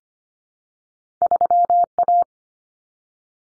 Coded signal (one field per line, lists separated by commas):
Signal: Morse code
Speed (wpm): 25 wpm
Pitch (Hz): 700 Hz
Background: none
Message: 3A